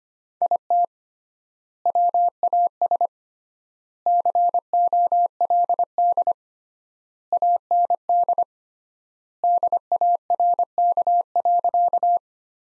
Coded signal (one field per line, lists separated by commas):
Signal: Morse code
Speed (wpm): 25 wpm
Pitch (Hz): 700 Hz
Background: none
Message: IT WAS COLD AND DARK.